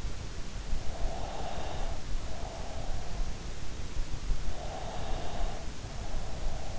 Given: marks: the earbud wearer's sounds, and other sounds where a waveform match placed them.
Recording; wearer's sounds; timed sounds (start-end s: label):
sounds in sleep by an in-ear microphone; breath
1.04-2.82 s: breath
4.53-6.79 s: breath